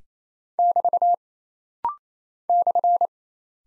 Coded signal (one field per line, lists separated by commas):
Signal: Morse code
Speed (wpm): 28 wpm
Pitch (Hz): 700 Hz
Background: none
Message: <BT> /